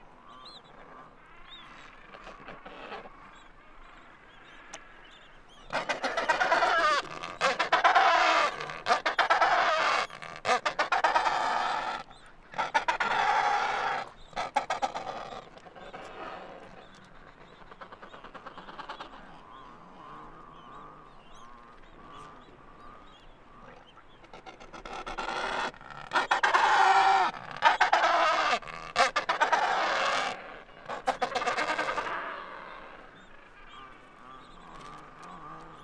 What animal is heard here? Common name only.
Adelie Penguin